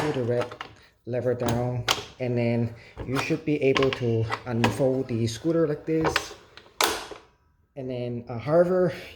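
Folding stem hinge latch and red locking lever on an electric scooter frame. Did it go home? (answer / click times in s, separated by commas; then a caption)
partly / 6.8 s. Someone talks while the folded stem of an Evercross H5/H7 (2nd Gen) electric scooter is swung up into the riding position after the safety pin is pulled and the red locking lever is pushed down. The folding stem hinge latch clicks sharply at 6.8 s, but the red locking lever is not fully home and sits in the wrong position.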